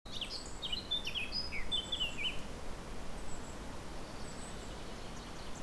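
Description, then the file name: Eurasian blackcap singing a short burst of quick chattering and whistled notes for about two seconds, then mostly just steady low background noise. "Sylvia atricapilla"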